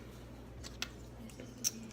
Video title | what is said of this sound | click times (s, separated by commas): Changing insulin pump infusion site | And you're just gonna slide it all in and hear that snap noise. Snap means it's good. | 1.7 s